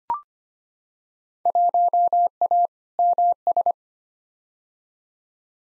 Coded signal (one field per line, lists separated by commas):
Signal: Morse code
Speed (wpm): 25 wpm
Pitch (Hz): 700 Hz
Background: none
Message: 1A MS